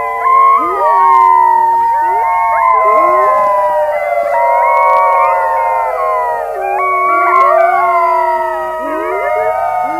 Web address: gray wolf